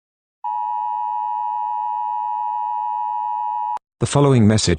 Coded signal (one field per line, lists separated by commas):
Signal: Emergency Alert System (SAME) tones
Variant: 853 and 960 Hz attention tone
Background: speech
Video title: EAS Scenario #23: British National Party Putsch.